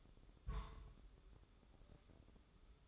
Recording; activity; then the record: daily activity, microphone in the room; place on stove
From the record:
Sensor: 3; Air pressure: 995.4 hPa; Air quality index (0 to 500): 85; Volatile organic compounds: 8 ppm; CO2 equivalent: 2066 ppm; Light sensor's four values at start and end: 26/79/33/28 and 26/79/33/28